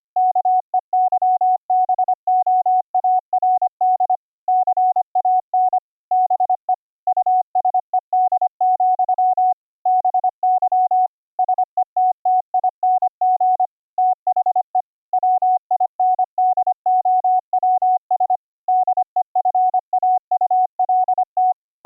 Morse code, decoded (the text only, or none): KEYBOARD CAN BE USED, BY SETTING THE WINDOWS DEFAULT